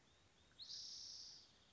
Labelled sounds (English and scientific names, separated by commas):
Spotted Towhee (Pipilo maculatus)